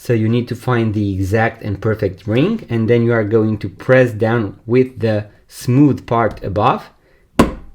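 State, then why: Seated. On a Versus Versace quartz watch, after a battery change, the snap-off case back is pressed down with a case press and a plastic ring. Someone talks through most of the clip. After a short pause, a sharp snap at 7.4 s shows the case back has seated and the watch is closed.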